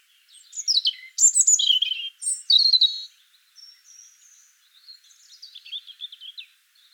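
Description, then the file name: European robin song, loud bright warbled phrases early on, followed by softer, thinner high trilling notes fading toward the end. "Erithacus rubecula"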